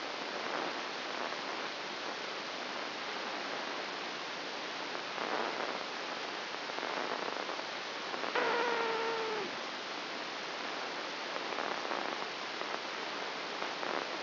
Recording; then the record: brain microelectrode recording played as sound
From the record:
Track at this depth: inside the subthalamic nucleus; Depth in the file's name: 2.004 mm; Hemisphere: left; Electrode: 1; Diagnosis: Parkinson's disease